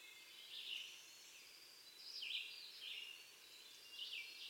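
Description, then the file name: Winter wren singing quiet, high phrases that recur at irregular intervals throughout, over constant hiss. "Troglodytes hiemalis - Winter Wren"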